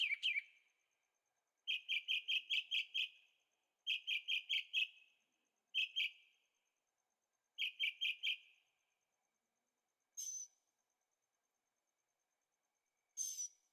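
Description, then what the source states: Bird song: fast bursts of several ringing chirps with short pauses between them, then two isolated, hissy notes. Birds singing at night in Carefree, Arizona; recorded on a Zoom H6 with stereo microphones.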